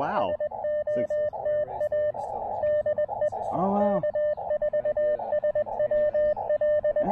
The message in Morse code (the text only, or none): SOTA DE K4SWL